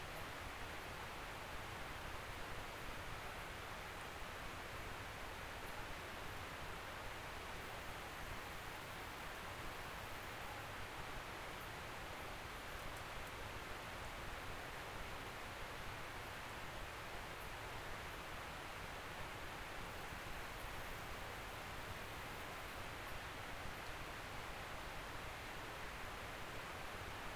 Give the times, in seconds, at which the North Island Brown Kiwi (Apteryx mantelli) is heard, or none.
none